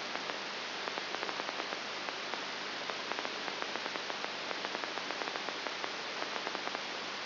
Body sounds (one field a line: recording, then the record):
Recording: brain microelectrode recording played as sound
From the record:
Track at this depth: outside the subthalamic nucleus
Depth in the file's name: 6.9 mm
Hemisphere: right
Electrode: 3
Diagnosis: Parkinson's disease